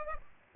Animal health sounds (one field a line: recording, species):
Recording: mosquito wingbeat signal from an infrared sensor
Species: Culex pipiens